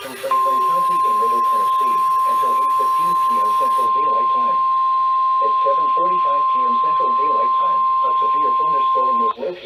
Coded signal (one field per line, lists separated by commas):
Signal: Emergency Alert System (SAME) tones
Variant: 1050 Hz attention tone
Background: speech